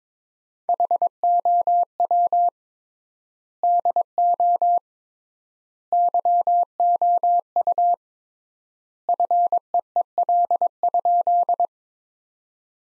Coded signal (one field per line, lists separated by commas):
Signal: Morse code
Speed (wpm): 22 wpm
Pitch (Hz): 700 Hz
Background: none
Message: HOW DO YOU FEEL?